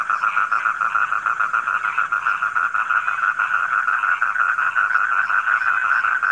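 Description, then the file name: Many frogs croaking at once, a dense trilling drone with a rapid beat, swelling slightly in places. Frogs recorded at night. "suara kodok di malam hari"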